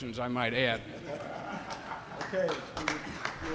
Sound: laughter